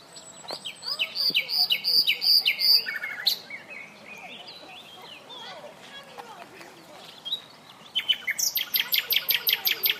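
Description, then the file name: Common nightingale singing loud, rapidly repeated high notes in bursts, a quieter varied stretch, then another fast series of ringing repeated notes. "Luscinia megarhynchos"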